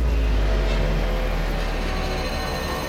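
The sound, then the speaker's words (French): A scooter engine, ridden for a few minutes through Versailles to an apartment, runs with a steady, low droning rumble and broad hiss, holding an even loudness before easing slightly at the end. No one speaks. “Florent Gonsalves grimpe sur son scooter et rejoint en une poignée de minutes son très chic appartement de fonction”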